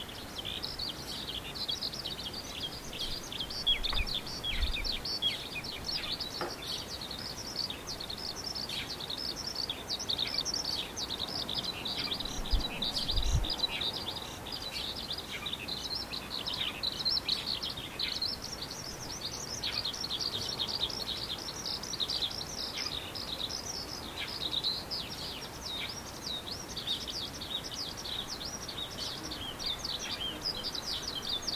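Birds sing without pause, a dense, overlapping chorus of high, bright chirps and trills that stays steady for the whole stretch. A low rumble lies underneath, with a couple of brief thumps near five and thirteen seconds.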